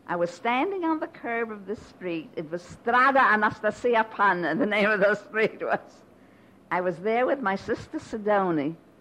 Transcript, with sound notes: I was standing on the curb of the street. It was Strada Anastacia Pana, the name of the street was. (she laughs) I was there with my sister Sadoni,